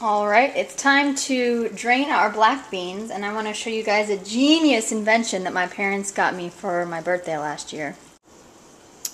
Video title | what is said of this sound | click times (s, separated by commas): Food Network Cooking Show | The lid simply snaps on, locks into place, | 9.0 s